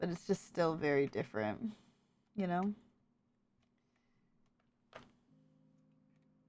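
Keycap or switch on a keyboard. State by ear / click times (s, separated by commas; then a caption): partly seated / 5.0 s. Someone talks, then presses a keycap or switch onto a mechanical keyboard being assembled, and a single sharp click sounds at 5.0 s. The part is still not fully pressed in, and a steady low hum continues to the end.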